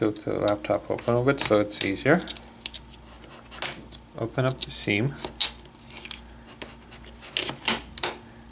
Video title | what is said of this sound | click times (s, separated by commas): ASUS C200 Chromebook Screen Replacement Procedure | You hear snapping sounds again. | 7.4 s, 8.0 s